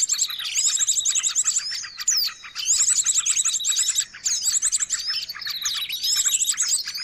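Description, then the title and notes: Noisy birds calling in overlapping high-pitched bursts, with rapid trilled phrases, slurred whistles and short quiet gaps between volleys. Long-duration noisy bird sounds used as a lure (pikat) to attract birds; master training audio. "Master Burung Ribut. Burung Ribut Pikat"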